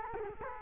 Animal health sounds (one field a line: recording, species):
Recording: mosquito wingbeat signal from an infrared sensor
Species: Culex quinquefasciatus